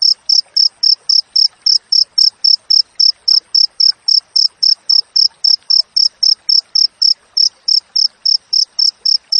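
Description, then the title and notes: Cricket chirping in short high pulses, steady and even, close to four per second throughout, with faint scratchy rustling beneath. Clear natural cricket recording with closely spaced chirps, intended as master audio for training songbirds and for driving away rats. "Masteran Jangkrik Alam Jernih, Jeda Rapat Cocok Untuk Masteran Burung Dan Mengusir Tikus. suara jangkrik"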